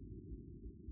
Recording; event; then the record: neck accelerometer signal played as sound; no cough (speech, laughter, throat clearing or background)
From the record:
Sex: male